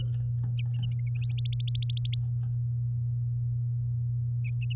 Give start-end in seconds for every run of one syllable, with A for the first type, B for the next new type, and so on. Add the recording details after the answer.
1.38-2.17 A. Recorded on 8 May 2018 at 12:04. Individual llb16